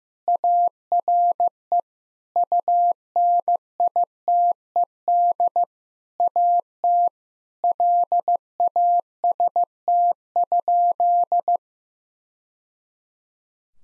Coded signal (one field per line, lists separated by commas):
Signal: Morse code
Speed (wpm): 16 wpm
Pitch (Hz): 700 Hz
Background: none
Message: ARE UNITED AT LAST?